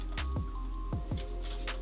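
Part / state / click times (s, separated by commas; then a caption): rifle magazine into the magazine well / not seated / none. The real magazine of an Action Army AAC-T10 airsoft sniper rifle is being pushed toward its magazine well, which has a small button at the front to lock and release it. Short handling knocks land at about 0.7, 0.9, 1.1 and 1.7 seconds over steady background music. Nothing has seated or clicked yet.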